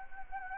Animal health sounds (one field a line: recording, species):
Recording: mosquito wingbeat signal from an infrared sensor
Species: Anopheles arabiensis